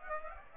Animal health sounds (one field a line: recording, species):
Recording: mosquito wingbeat signal from an infrared sensor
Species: Aedes aegypti